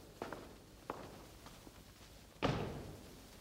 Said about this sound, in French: Allez clore cette porte.